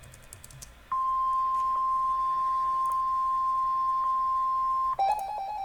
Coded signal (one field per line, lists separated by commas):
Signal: Emergency Alert System (SAME) tones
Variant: 1050 Hz attention tone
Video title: Flash Flood Warning for Maui County HI (EAS #983)